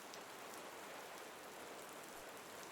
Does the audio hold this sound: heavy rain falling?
yes